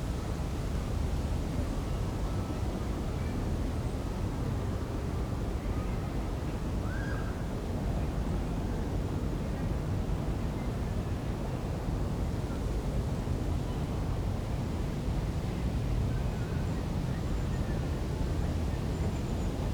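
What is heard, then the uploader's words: Midday London gardens under a steady, dense low rumble of traffic, with one faint short chirp near seven seconds. London. Boundary Gardens. Noon.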